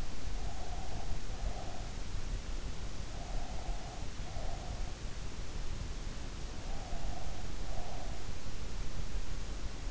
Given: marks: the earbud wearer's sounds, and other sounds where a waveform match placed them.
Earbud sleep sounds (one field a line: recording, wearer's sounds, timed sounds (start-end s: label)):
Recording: sounds in sleep by an in-ear microphone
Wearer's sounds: breath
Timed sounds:
0.00-1.80 s: breath
2.95-5.24 s: breath
6.62-8.49 s: breath